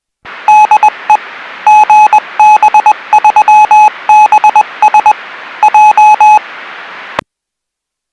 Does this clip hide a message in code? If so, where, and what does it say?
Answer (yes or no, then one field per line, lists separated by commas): yes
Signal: Morse code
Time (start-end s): 0.5-6.4 s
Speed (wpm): 20 wpm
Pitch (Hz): 850 Hz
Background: radio noise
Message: DE GB3BS J